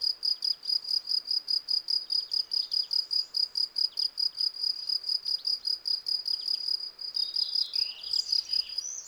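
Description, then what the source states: Field cricket stridulating in regular high chirps about two or three per second, with a brief bird call near the end. Several field crickets singing in a garden lawn at Val Maravel on 18 April 2020, for three days; freshly new wings give clear stridulation; Nagra Seven recorder with cardioid MKH40 microphone.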